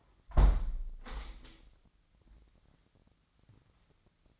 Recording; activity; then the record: daily activity, microphone in the room; close window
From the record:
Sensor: 3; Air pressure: 997.9 hPa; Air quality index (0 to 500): 132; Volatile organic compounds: 4 ppm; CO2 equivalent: 1574 ppm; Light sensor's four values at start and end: 14/41/17/15 and 14/42/17/15